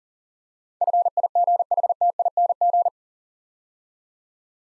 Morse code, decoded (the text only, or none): FIGHTING